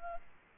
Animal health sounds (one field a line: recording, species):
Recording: mosquito wingbeat signal from an infrared sensor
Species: Culex quinquefasciatus